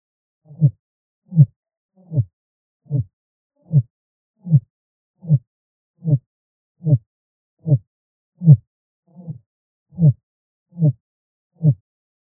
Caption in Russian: Обертона ПМК дистанционно верхушка на боку.